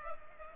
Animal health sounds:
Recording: mosquito wingbeat signal from an infrared sensor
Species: Culex pipiens

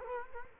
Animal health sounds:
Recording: mosquito wingbeat signal from an infrared sensor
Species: Culex quinquefasciatus

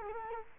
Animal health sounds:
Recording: mosquito wingbeat signal from an infrared sensor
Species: Culex quinquefasciatus

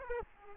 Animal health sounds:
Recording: mosquito wingbeat signal from an infrared sensor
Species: Aedes aegypti

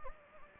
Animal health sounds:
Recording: mosquito wingbeat signal from an infrared sensor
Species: Anopheles gambiae

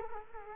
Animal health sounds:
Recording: mosquito wingbeat signal from an infrared sensor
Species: Culex quinquefasciatus

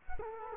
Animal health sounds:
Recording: mosquito wingbeat signal from an infrared sensor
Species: Culex quinquefasciatus

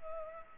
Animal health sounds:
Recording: mosquito wingbeat signal from an infrared sensor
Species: Culex pipiens

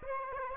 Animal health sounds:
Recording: mosquito wingbeat signal from an infrared sensor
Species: Aedes aegypti

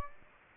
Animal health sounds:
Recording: mosquito wingbeat signal from an infrared sensor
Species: Aedes aegypti

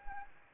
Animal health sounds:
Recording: mosquito wingbeat signal from an infrared sensor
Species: Anopheles gambiae

